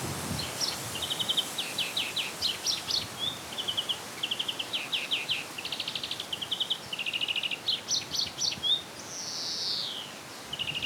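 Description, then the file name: European greenfinch song of rapid rattling trills and twitters in varied short phrases, with one long nasal wheeze sliding downward late on, over a faint steady hiss. "Chloris chloris"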